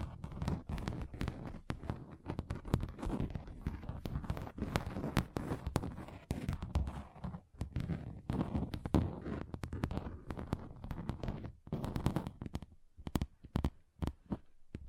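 Fingers tap and knock on table surfaces in quick, irregular bursts, with sharp clicks over a duller low thud. The tapping runs densely through most of the fifteen seconds, thinning out near the end into a few separated, isolated knocks.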